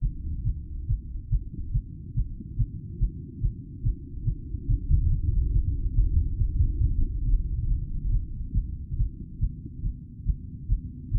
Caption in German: Mein Herzschlag nach dem Aufstieg.